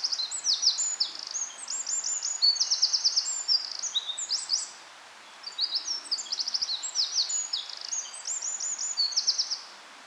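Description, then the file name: Eurasian wren song: rapid high-pitched trills and sharp notes tumbling together in two long loud bursts, separated by a brief pause. "Troglodytes troglodytes"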